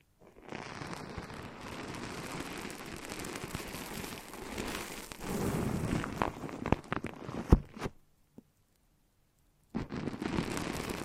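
Dense, foamy crackling fills the first eight seconds, swelling louder around the middle and breaking into a few sharp sticky pops near seven seconds. A near-silent gap follows with one faint tick, then the squishy fizzing returns just before ten seconds.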